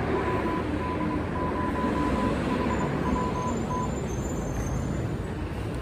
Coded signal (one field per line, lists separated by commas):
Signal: Morse code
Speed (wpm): 23 wpm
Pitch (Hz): 1000 Hz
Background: none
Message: WD0HWT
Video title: 2 meters!